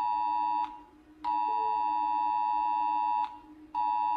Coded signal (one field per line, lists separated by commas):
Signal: Emergency Alert System (SAME) tones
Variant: 853 and 960 Hz attention tone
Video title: Rating Different Countries EAS Alarms!